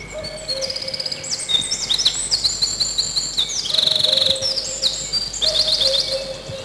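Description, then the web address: Eurasian wren singing loud rapid high trills and sharp chattering phrases, fast and rattling, with a lower whistled note from another bird in the background. Spring. "vremena vesna krapivnik"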